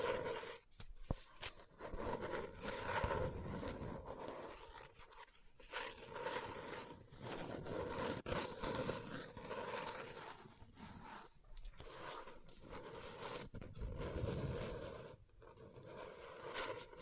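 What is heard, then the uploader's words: Fingers scratch and tap on a book in a dense, continuous stream of rough scraping strokes, with brief pauses and occasional sharper taps. Book Tapping, Scratching, Page Turning.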